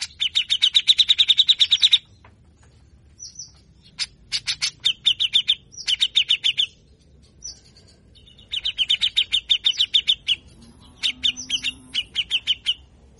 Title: CUCAK JENGGOT GACOR FULL BESETAN KASAR DURASI PANJANG